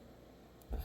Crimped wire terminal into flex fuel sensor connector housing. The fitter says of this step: that's it you hear the click